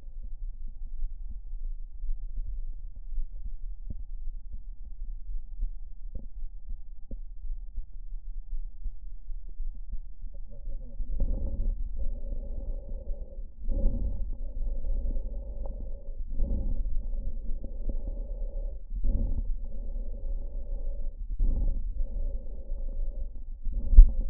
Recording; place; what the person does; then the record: lung sounds by stethoscope; right anterior apical chest; quiet breathing, then deep breathing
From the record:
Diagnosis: interstitial lung disease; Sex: male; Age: 82 years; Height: 158 cm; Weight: 49 kg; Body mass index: 19.6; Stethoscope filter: diaphragm mode